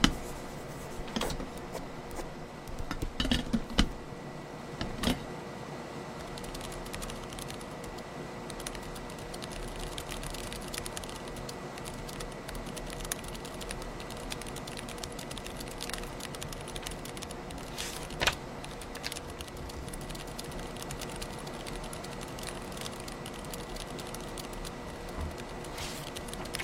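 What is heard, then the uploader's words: Typing sounds with scattered light clicks and taps over a steady low hum. A busier flurry of taps comes around three to four seconds in, with sharper single knocks near five and eighteen seconds, then quieter, sparse activity for the rest. Typing, handwriting, flipping through.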